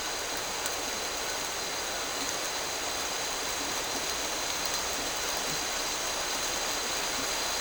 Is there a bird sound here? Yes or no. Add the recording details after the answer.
no. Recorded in dense forest near Puerto Asís, Putumayo, Colombia, on 9 March 2025 at 11:30. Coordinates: 0.467, -76.328. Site G041